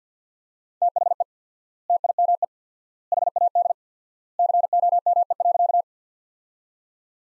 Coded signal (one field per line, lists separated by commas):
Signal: Morse code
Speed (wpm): 50 wpm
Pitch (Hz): 700 Hz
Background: none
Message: THE TIME HAD COME.